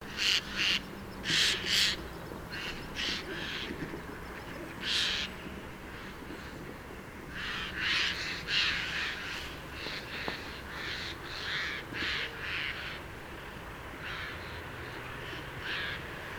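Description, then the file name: Eurasian jay calling: harsh, rasping screeches given in bursts, some doubled, spread irregularly throughout over a faint background hiss. "Garrulus glandarius"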